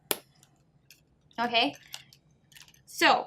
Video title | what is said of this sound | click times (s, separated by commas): how to play PIE FACE | through the opening in the square like this and press it until it clicks. | 0.1 s